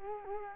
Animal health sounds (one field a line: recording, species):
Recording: mosquito wingbeat signal from an infrared sensor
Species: Culex quinquefasciatus